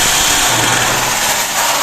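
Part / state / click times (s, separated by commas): operating handle latching into its locked position on a machine / not seated / none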